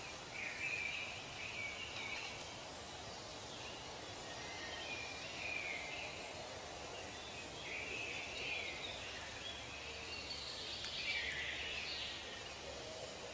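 Forest ambience with a steady hiss, soft bird chirps and twitters scattered throughout, and a brighter burst of birdsong around eleven seconds.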